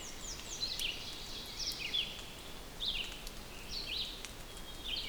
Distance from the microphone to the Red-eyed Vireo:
about 50 m